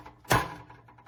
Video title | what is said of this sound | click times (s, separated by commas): Review MetryGrow MG-15 Hydroponic Growing System Kits, Smart Indoor Garden with 24W Grow LED Light F | Wait till it clicks in, | 0.3 s